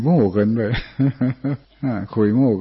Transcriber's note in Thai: หัวเราะ